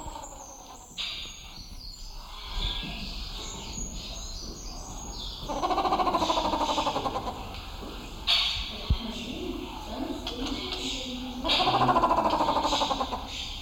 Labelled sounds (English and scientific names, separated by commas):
Grey Peacock-Pheasant (Polyplectron bicalcaratum)